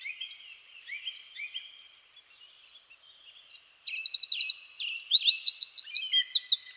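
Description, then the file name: Eurasian wren song: soft high chirps at first, then a loud, fast run of sharp trills and piercing twittering notes that keeps going to the end. "Troglodytes troglodytes"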